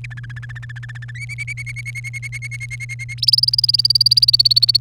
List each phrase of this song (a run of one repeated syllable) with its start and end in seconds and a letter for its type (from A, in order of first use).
0.04-1.11 A, 1.15-3.14 B, 3.18-4.77 C